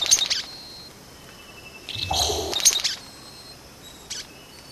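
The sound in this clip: Vogelkop bowerbird uttering rough, crackling bursts with scratchy high overtones, one at the start and a longer one near the middle, then a short faint note near the end.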